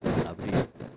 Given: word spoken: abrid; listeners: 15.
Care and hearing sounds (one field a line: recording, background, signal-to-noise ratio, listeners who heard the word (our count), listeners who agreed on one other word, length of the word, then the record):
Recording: one Spanish word in noise, from a listening test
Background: noise modulated by one talker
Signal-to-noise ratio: -9.0 dB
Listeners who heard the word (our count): 0 of 15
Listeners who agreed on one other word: 13 of 15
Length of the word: 0.57 s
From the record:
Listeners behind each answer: 13, 1, 1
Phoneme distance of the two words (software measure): 10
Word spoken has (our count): 2 syllables, 5 phonemes, stress on syllable 2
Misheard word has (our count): 2 syllables, 5 phonemes, stress on syllable 2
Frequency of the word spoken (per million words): 0.27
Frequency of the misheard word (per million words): 57.52